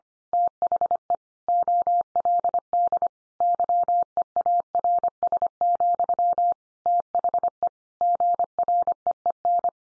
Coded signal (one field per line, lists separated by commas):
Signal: Morse code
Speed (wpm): 25 wpm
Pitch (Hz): 700 Hz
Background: none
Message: THE OLD YEARS, THE GREEN